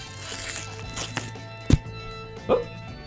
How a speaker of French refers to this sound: Donc, on va évidemment ouvrir l'enveloppe de ce mélange pour chocolat chaud blanc de Gourmet Village dans le micro magique en le brassant. On l'entend brasser, là. C'est important de brasser ça.